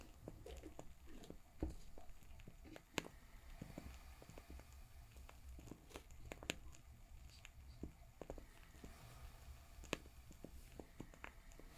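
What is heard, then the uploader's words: A crackling fire fills the recording with a steady low rumble and scattered sharp pops. The snaps come irregularly, several each second, with brighter cracks near 3, 6.5 and 10 seconds. Faint soft tapping and rustling sit underneath. Doing My Nails For Christmas｜With Crackling Fire Sounds.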